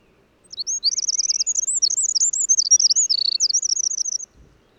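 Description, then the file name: Eurasian wren song, an energetic cascade of shrill, rapidly repeated notes and rattling trills running nearly four seconds, then a soft thud. "Troglodytes troglodytes"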